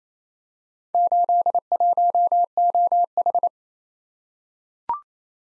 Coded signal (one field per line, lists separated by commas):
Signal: Morse code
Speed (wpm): 28 wpm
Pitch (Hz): 700 Hz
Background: none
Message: 81OH